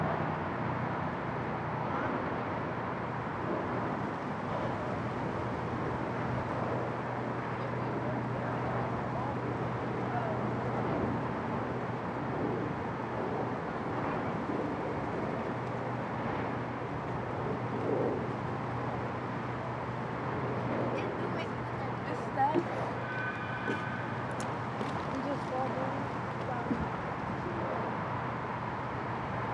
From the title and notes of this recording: Race Street Pier under the Ben Franklin Bridge. Race Street Pier, Race Street at Christopher Columbus Boulevard. This pier, which is nestled right next to the Ben Franklin Bridge, affords a great view of the water and the surrounding urban landscape.